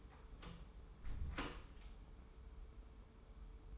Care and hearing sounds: daily activity, microphone in the room; close door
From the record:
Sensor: 1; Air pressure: 1015.2 hPa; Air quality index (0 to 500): 113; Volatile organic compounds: 3 ppm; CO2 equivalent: 1533 ppm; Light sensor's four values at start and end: 14/33/14/15 and 14/33/14/15

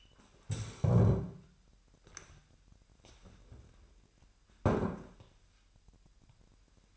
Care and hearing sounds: daily activity, microphone in the room; stand up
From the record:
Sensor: 2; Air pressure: 998.4 hPa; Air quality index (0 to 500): 125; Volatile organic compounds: 3 ppm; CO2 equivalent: 1412 ppm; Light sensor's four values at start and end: 6/14/6/6 and 5/12/5/5

